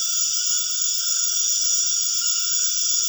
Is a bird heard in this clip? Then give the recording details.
no. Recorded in dense forest near Puerto Asís, Putumayo, Colombia, on 4 March 2025 at 21:30. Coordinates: 0.481, -76.323. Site G088